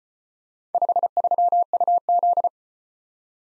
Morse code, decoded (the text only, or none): 53UZ